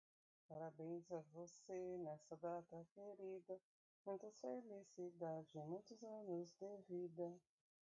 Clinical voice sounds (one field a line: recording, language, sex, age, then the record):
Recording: short text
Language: Brazilian Portuguese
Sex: female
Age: 40 to 49 years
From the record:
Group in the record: control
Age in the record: 45 years